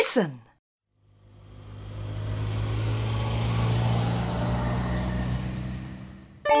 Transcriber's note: fx: car